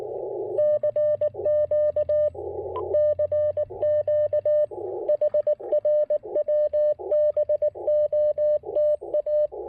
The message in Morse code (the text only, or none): CQ CQ HRWBOTA